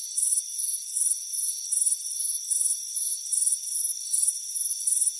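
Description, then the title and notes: Cricket chirping: regular high-pitched pulse trains in quick succession, with a faint steady ringing tone underneath. Warm afternoon on a front porch; crickets presented as soothing relaxation and sleep sound. "Soothing Crickets Chirping Sound. It's a warm afternoon as you relax in a hammock on the front porch. Relax and fall asleep to the soothing sound of chirping crickets. Deep Sleep Sounds"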